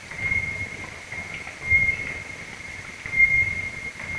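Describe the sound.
Common noctule calls heard as irregular deep plopping pulses, a few louder bursts, under a constant thin high-pitched tone with brief bright chirps.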